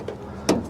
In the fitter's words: slide like that. You see that little groove just snaps in,